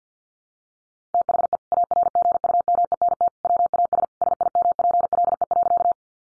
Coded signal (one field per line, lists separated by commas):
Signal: Morse code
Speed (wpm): 50 wpm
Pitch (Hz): 700 Hz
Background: none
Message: THE ARGUMENT WAS SIMPLE.